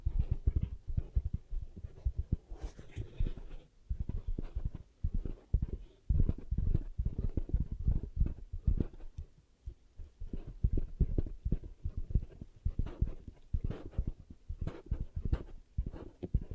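Hands cup and rub over the ears, making a stream of muffled, low thumps and soft brushing bursts. The pats come quickly and irregularly throughout, a few to several per second, with brief lighter pauses and occasional faint brighter crackles.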